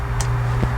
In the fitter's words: you'll hear click once you hear to click it's in